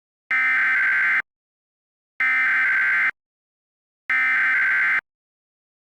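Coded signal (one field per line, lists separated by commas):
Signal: Emergency Alert System (SAME) tones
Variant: header bursts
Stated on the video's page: Mock EAS earthquake warning.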